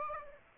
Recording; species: mosquito wingbeat signal from an infrared sensor; Aedes aegypti